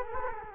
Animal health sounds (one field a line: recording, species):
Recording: mosquito wingbeat signal from an infrared sensor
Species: Culex quinquefasciatus